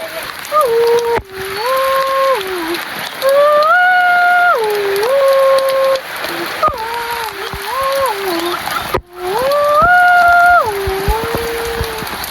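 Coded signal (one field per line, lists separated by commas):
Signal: whistled language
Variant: Khasi jingrwai iawbei name tune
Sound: several short melodic phrases of stepped, sliding pitch, whistled or hummed, with pauses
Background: rain or water noise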